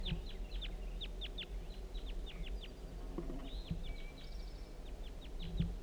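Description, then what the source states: Red crossbill calls: a rapid series of clipped, descending chips, often doubled, continuing throughout, with a brief thin whistle midway and low background rumble. One male circling to investigate, giving type 4-3 call; recorded in flight.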